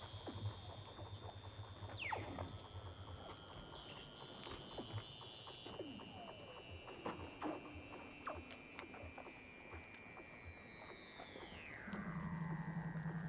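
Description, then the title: Weddell seal underwater calls: a long whistle descending slowly, then dropping steeply near the end, with scattered clicks and chirps and low pulsed trills at the start and end. "Weddell Seals (Underwater)"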